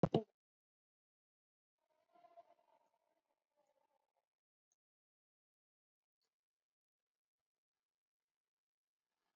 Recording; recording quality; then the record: deep breathing; poor, much background noise or distortion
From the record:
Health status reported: COVID-19 positive, moderate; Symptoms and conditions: cough, sore throat, fatigue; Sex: female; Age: 48 years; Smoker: not ticked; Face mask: not worn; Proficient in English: no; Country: India